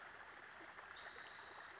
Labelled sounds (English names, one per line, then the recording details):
Spotted Towhee
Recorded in Sonoma County, California